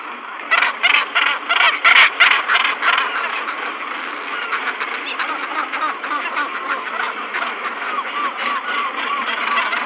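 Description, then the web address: Northern gannet uttering loud rasping pulsed calls, then a dense chorus of many similar harsh calls continuing throughout. "Schulze Peter Northern Gannet"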